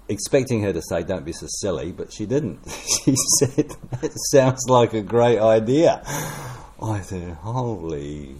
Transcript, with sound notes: expecting her to say, “Don’t be so silly!” But she didn’t. [Chuckle] She said, “It sounds like a great idea.” I said, “Holy ..!”